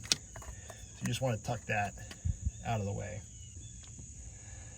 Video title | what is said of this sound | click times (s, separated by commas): Mercedes Sprinter Van EGR Cleaning - Step-by-Step Guide | and wiggle and it's going to pop right out | 0.1 s